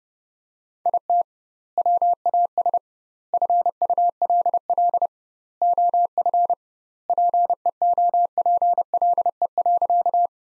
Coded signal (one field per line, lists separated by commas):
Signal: Morse code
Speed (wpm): 31 wpm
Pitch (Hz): 700 Hz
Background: none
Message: IT WAS FULL OF PEOPLE.